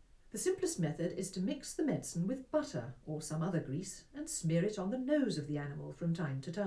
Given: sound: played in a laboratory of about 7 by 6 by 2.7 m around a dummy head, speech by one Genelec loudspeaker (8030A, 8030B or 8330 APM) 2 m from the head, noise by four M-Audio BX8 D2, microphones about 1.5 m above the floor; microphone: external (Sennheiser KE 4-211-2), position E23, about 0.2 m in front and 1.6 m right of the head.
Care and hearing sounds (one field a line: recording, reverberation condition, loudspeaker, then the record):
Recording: female speech in English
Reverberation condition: low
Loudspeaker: 120 degrees to the left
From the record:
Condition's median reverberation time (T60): about 310 ms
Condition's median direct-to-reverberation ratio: about 3.5 dB